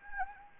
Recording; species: mosquito wingbeat signal from an infrared sensor; Anopheles gambiae